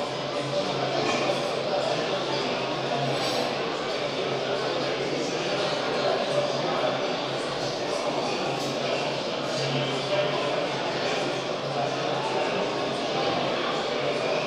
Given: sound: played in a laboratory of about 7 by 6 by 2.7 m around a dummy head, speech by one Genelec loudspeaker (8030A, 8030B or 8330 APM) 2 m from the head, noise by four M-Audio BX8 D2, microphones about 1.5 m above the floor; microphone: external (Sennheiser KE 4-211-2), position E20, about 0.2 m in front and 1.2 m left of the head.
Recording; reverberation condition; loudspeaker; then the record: cafeteria noise; high; four, about 170 cm from the corners of the room and facing them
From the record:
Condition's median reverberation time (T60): about 1300 ms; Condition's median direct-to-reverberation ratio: about -4.0 dB